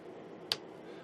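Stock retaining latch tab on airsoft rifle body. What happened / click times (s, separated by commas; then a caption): Latch tab clicks open / 0.5 s. A stock retaining latch tab on an airsoft rifle body is moved back and gives one sharp click at 0.5 s as it clicks open, releasing the stock. Only a faint steady background hiss is heard around it.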